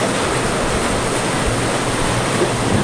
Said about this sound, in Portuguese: Ixi, ela tá chovendo aqui. Chovendo ali? Tá, tá lá, ó.